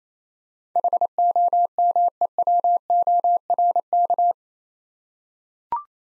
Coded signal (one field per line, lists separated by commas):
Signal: Morse code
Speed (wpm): 28 wpm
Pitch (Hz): 700 Hz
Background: none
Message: HOMEWORK